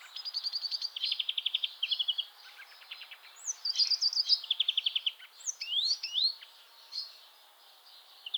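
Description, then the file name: European greenfinch singing rapid buzzy trills of repeated notes, broken by twittering phrases and short rising and falling slurred notes, several bursts over eight seconds. "Chloris chloris"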